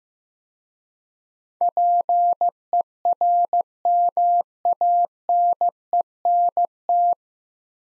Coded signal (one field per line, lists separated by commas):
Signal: Morse code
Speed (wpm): 15 wpm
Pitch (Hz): 700 Hz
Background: none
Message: PERMANENT